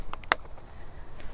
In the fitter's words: those little notches will just hold that into place here you can hear it snap in